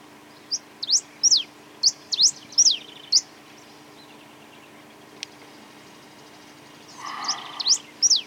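Many-colored rush tyrant song: sharp, high chirped notes sweeping down and up, given in quick separate bursts, then a pause and a few more notes near the end.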